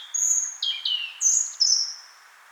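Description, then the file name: European robin song: thin, high whistled notes that slide and waver, several short phrases tumbling quickly one after another, bright and sweet over a faint background hiss. "Erithacus rubecula"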